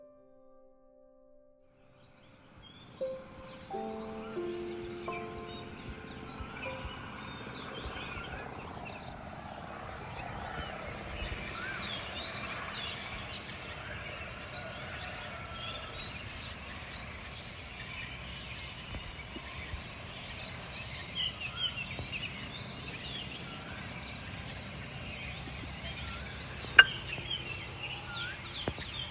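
Birds call one after another, some chirping and twittering in quick bursts, some in repeated cuckoo-like notes, building from near silence in the first few seconds to a busy chorus. A low steady rumble runs underneath, with a sharp click near 27 seconds.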